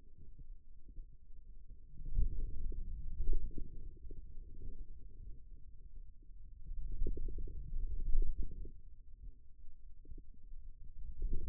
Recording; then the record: forearm muscle sounds (acoustic myography)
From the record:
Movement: finger pinch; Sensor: system 2, bracelet of six BSWA MPA416 microphones around the upper forearm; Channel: 4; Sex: male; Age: 22 years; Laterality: right